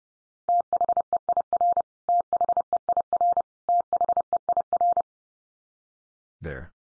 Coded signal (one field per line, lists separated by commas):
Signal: Morse code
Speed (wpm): 30 wpm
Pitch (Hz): 700 Hz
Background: none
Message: THEIR THEIR THEIR